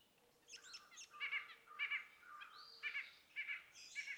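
Yellow-bellied sapsucker giving nasal, mewing calls in short repeated bursts, with thin higher notes between them.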